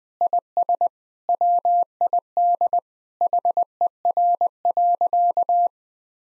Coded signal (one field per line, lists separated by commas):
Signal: Morse code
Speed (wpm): 20 wpm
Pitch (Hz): 700 Hz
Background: none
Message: IS WID HER.